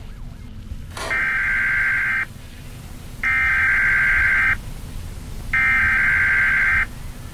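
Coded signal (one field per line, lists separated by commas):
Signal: Emergency Alert System (SAME) tones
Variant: header bursts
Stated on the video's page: SAME tones in a spooky basement game, Halloween special.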